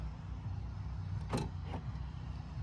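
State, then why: Not seated. The power tailgate latch actuator in a 2015-2021 F-150 pickup's tailgate is triggered by the button and buzzes as it tries to operate, with a brief burst near 1.3 s over a steady low hum. One side of the latch pops out, but the tailgate does not open, and nothing has seated or clicked yet.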